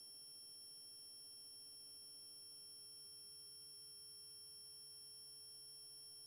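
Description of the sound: Steady, continuous device-generated tones, mostly high-pitched and layered at several pitches, faint overall: a simulation of one person's own tinnitus.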